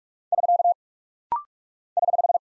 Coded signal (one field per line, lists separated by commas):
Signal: Morse code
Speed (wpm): 44 wpm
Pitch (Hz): 700 Hz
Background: none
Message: <SK> <HH>